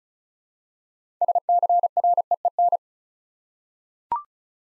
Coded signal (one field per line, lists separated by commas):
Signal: Morse code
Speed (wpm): 36 wpm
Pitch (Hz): 700 Hz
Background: none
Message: SCREEN